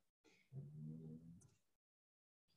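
A single low, rumbling, slightly tonal snore lasts about a second on one breath, followed by quiet. It is a dog snoring while asleep, heard in the background of a room.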